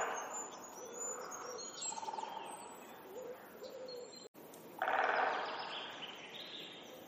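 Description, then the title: Bird calls: soft mid-pitched notes in short phrases, with thin very high notes above and a loud rushing noise burst after the middle. "pajaros"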